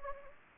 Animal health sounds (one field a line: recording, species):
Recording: mosquito wingbeat signal from an infrared sensor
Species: Anopheles gambiae